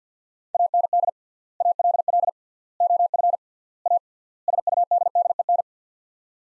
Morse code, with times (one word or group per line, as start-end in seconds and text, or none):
0.5-1.1 AND
1.6-2.3 ALL
2.8-3.4 OF
3.9-4.0 A
4.5-5.6 SUDDEN